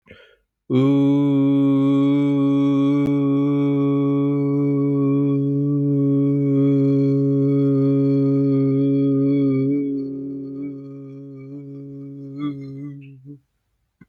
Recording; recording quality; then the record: sustained vowel as in boot; excellent, no background noise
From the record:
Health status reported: healthy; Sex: male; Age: 29 years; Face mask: not worn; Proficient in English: yes